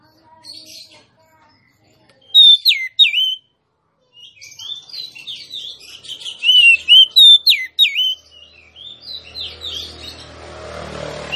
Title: Suara kacer betinamemancing kacer jantan yg macet bunyi